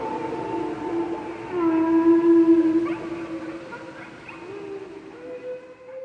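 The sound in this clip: Whale song of sustained low moans with bright harmonics, a louder drawn tone in the middle, then shorter sliding notes.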